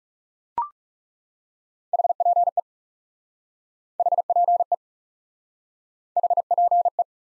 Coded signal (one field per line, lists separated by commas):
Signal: Morse code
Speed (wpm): 38 wpm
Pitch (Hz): 700 Hz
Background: none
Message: HPE HPE HPE